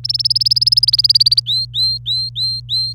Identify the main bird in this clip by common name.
Domestic Canary